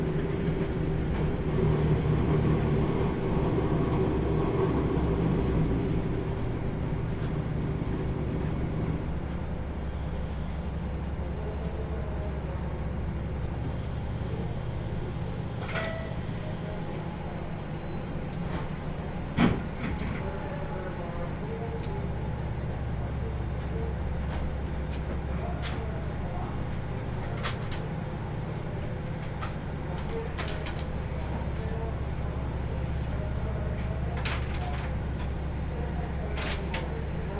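Onboard the Kyushu Odan limited express on the Hohi Line, a steady low rumble of the train fills the whole recording, heavier in the first nine seconds. Brief clicks and clanks punctuate it, with one sharp knock near nineteen seconds.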